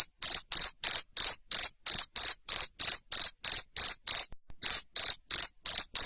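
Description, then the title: Cricket giving rapid, evenly spaced shrill chirps, roughly three each second, broken by a single short gap. Loud cricket chirping that makes lovebirds keep singing (ngekek). "Suara JANGKRIK NGERIK Keras Bikin LOVEBIRD Jadi NGEKEK Terus Vubey"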